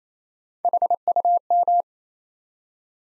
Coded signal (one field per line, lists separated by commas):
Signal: Morse code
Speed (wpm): 27 wpm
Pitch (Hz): 700 Hz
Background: none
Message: HUM